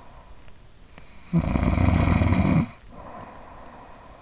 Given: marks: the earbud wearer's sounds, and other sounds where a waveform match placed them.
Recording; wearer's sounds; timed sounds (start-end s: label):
sounds in sleep by an in-ear microphone; snoring breath
0.94-4.20 s: snoring breath